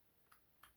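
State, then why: Not seated. A loose plastic front seat is pushed back into a toy car's interior with the door open. Two light ticks sound at about 0.3 and 0.6 seconds, but the seat has not snapped into place yet.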